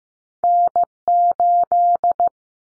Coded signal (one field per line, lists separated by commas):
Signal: Morse code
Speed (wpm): 15 wpm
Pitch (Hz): 700 Hz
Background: none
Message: N8